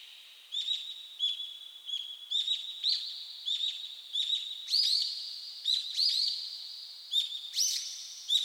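Birds singing, clusters of high chirps and short whistled phrases above a continuous high-pitched background.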